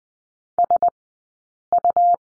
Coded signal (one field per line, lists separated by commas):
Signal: Morse code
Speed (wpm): 20 wpm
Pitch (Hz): 700 Hz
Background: none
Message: SU